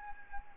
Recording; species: mosquito wingbeat signal from an infrared sensor; Anopheles gambiae